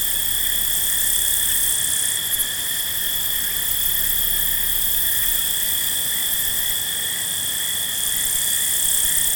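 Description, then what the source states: Field crickets drone in a continuous shrill chorus, layered high tones ringing evenly without pause from start to finish. Field crickets at night.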